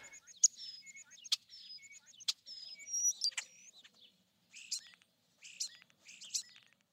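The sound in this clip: Starling song: a jumble of thin whistles, clicks and noisy bursts, varied and fast, with short pauses between bursts.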